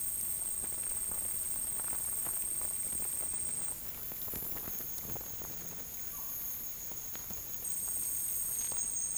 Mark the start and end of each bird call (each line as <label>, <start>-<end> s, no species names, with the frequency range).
bird call (0.6-1.9 kHz), 6.05-6.28 s